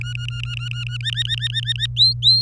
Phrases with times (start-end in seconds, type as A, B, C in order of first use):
0.01-0.97 A, 1.00-1.86 B, 1.97-2.41 C